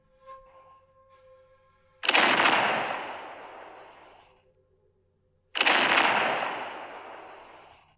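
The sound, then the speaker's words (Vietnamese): Two heavy cannon blasts boom out a few seconds apart, each bursting suddenly and then rolling away in a long, rumbling decay, shaking the ground and city walls, with only faint background tones before the first. “Hai tiếng nổ lớn kinh thiên vang lên, đất núi rung chuyển, tường thành trên mặt đất đều rung động, loàn trướng của hoàng đế cũng lay động khẽ một trận.”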